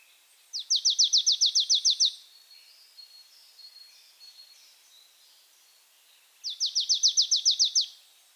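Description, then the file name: Marsh tit: a fast rattling series of about a dozen bright notes lasting about a second and a half, given twice, with faint high twitters between. "Poecile palustris"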